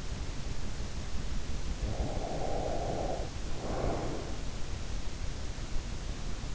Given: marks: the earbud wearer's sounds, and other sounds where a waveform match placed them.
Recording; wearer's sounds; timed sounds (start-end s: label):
sounds in sleep by an in-ear microphone; breath
1.64-4.62 s: breath